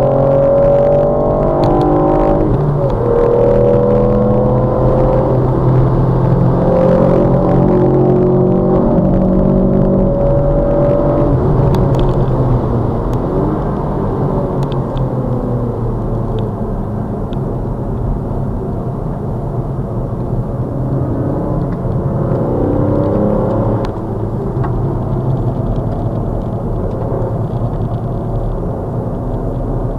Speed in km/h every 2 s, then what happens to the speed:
109, 130, 142, 145, 151, 158, 138, 106, 87, 72, 68, 82, 85, 87, 74.
0-10 speeds up to 158. 10-18 brakes to 72. 21-23 speeds up to 85. 26-30 brakes to 74.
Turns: 14-22, 25-30.